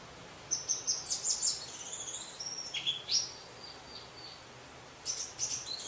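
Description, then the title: Orange-headed thrush song, a varied run of high whistles, trills and slurred notes, pausing briefly, then a final rapid burst of high notes. "Anis Merah"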